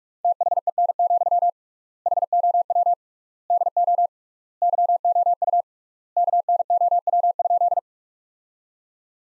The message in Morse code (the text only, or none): THEN, HOW DO YOU KNOW?